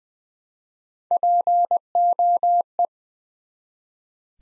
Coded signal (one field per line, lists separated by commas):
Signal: Morse code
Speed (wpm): 20 wpm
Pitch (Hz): 700 Hz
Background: none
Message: POE